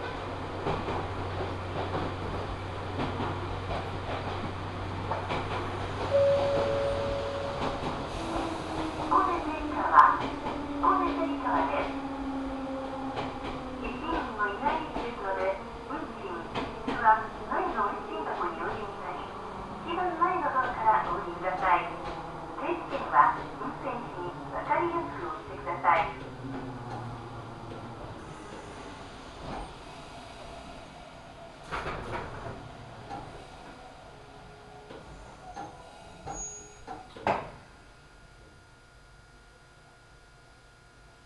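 A ride aboard an Ohmi Railway train between Takamiya, Hikone and Yokaichi. A low engine hum and gliding tones rise and fall through the first half while voices talk over the rumble, with clanks and knocks scattered throughout. After about 30 seconds it grows quieter, broken by sharp knocks near 32 and 37 seconds.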